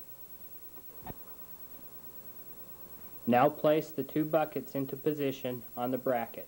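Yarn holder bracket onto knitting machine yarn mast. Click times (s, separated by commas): 1.1 s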